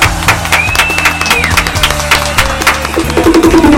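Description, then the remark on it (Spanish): An audience breaks into steady applause to welcome arriving band guests, dense overlapping claps sustained throughout with a few faint whistles and cheers mixed in. “Le damos la bienvenida, lo recibimos con un aplauso.”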